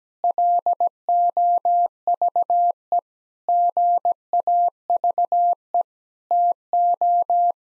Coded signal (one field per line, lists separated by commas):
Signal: Morse code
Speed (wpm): 17 wpm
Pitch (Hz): 700 Hz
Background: none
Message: LOVE GAVE TO